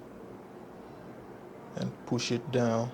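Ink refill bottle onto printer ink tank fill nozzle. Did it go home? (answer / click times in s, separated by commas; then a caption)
no / none. A plastic ink refill bottle is lined up on the fill nozzle of an Epson EcoTank printer's ink tank before being pushed down, and nothing has clicked into place yet. For the first 1.7 seconds there is only a faint steady hiss, then someone talks from about 1.8 to 2.9 seconds.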